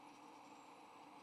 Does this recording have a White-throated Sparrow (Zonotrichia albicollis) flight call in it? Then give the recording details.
no. No flight call is heard. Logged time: 06:23 on 3 November 2014